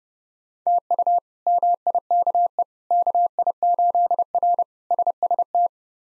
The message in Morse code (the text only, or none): TU MIKE KI8R SST